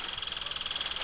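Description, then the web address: Red squirrel making a brief, rapid, rattling chatter with evenly spaced harsh pulses. "soundswild red squirrels"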